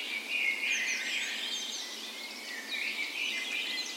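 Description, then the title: Birds in chorus, continuous overlapping high twitters and trills. Dawn chorus in a park in western Bergen, Norway, morning of 17 May, Norway's National Day, spring; recorded with a Sony PCM A10 and LOM micro Usi microphones as tree ears. "17th Of May Dawn Chorus"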